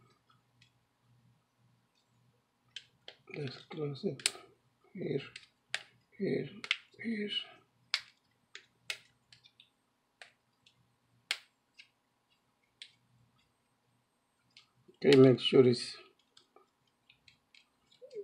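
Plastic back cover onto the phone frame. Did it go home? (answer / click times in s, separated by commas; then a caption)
yes / 7.9 s, 8.9 s, 11.3 s. Someone talks while pressing the plastic back cover of a Blue Dash 5.0 phone onto its frame during reassembly after a motherboard swap. Sharp snapping clicks are heard at 7.9, 8.9 and 11.3 seconds as the clips engage, and the cover snaps shut, seated.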